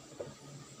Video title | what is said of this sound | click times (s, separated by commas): Maonocaster C2 Streaming Mixer Review | so so mag-lock po yan | 0.2 s